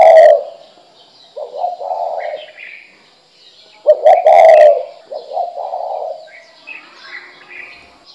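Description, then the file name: Spotted dove cooing: deep, throaty coos in short grouped phrases, a loud phrase at the start and another midway, softer coos between, and quiet higher chirps in the background. "珠頸斑鳩"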